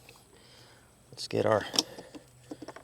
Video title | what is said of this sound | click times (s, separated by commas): MAF Sensor Replacement 2012-2018 Ford Focus 2.0L | clicks in place. | 0.1 s